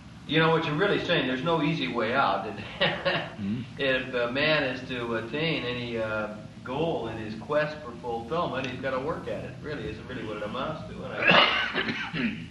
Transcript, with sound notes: You know, what you're really saying, there's no easy way out. [laughs] If man is to attain any goal in his quest for fulfillment, he's got to work at it, is really what it amounts to.